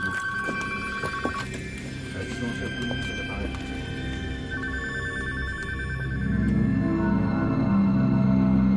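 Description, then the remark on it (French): Several telephones ring over one another in repeated electronic trills, a steady busy clamor of overlapping bells, with a low rumble of background chatter swelling toward the end, as dozens to hundreds of witnesses call in believing they have seen Mia. “Ça sonne dans tous les sens.”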